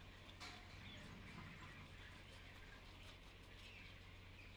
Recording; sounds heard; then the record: poultry house recording; healthy chickens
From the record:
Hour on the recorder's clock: 10